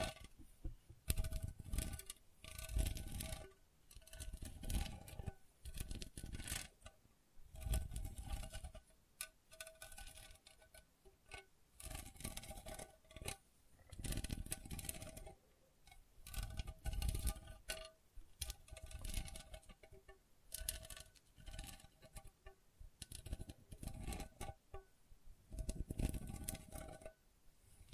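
Gentle scratching comes in uneven bursts and short runs, each a soft rasp, with brief quiet gaps between them. Faint steady tones hum underneath the whole time, and a few sharp light taps or clicks land early on.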